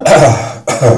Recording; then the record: coughing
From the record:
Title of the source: Cough Around the Clock!